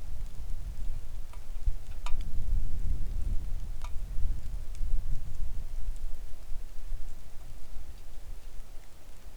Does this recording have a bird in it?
yes